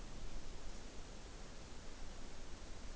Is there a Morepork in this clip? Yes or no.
no